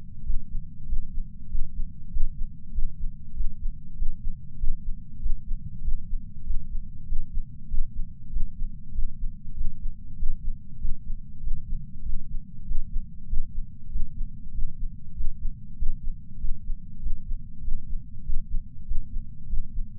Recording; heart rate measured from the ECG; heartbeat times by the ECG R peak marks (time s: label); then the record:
heart sounds by patch sensor on the chest; 97 bpm
0.23 s: heartbeat
0.85 s: heartbeat
1.48 s: heartbeat
2.10 s: heartbeat
2.71 s: heartbeat
3.33 s: heartbeat
3.95 s: heartbeat
4.57 s: heartbeat
5.19 s: heartbeat
5.81 s: heartbeat
6.43 s: heartbeat
7.05 s: heartbeat
7.67 s: heartbeat
8.29 s: heartbeat
8.91 s: heartbeat
9.54 s: heartbeat
10.16 s: heartbeat
10.78 s: heartbeat
11.40 s: heartbeat
12.02 s: heartbeat
12.64 s: heartbeat
13.26 s: heartbeat
13.88 s: heartbeat
14.51 s: heartbeat
15.13 s: heartbeat
15.75 s: heartbeat
16.37 s: heartbeat
16.99 s: heartbeat
17.61 s: heartbeat
18.22 s: heartbeat
18.84 s: heartbeat
19.46 s: heartbeat
From the record:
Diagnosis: coronary artery disease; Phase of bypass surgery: preoperative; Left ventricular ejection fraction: 69.2%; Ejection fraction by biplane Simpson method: 67.6%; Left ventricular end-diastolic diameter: 44 mm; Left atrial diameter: 34 mm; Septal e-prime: 8.5 cm/s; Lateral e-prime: 9.7 cm/s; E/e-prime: 11.5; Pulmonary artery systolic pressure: 27 mmHg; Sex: male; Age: 74 years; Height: 168 cm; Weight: 55 kg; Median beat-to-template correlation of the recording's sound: 0.94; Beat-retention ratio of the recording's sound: 0.99